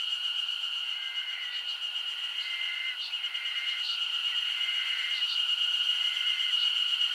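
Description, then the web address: Insect chorus of a constant high whine, with drawn-out lower notes appearing every second or two and scattered clicking pulses above. Summer insect ambience recorded in Japan. "Sound Effects-Foundation 1 AMBIENCE JAPANESE SUMMER INSECTS 01"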